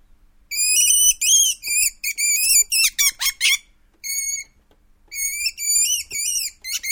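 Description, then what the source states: Weasel calls, high and quavering, in quick uneven bursts. Runs of squeals are broken by a short pause, then resume. Weasel in an enclosure.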